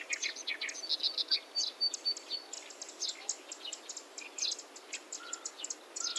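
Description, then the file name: Zitting cisticola song: a dense run of many short, high, ticking notes, with a few faint lower whistles near the end. "セッカ さえずり"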